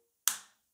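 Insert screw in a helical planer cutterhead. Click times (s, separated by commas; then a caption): 0.3 s. A small insert screw in a helical planer cutterhead of a Bernardo SP200PS planer is turned with a key while changing the carbide inserts. At 0.3 s it gives one sharp crack as it breaks free, with a short bright ring that fades by about 0.5 s. The screws seem to be coated with lacquer, so they crack as they come loose, and the screw is released.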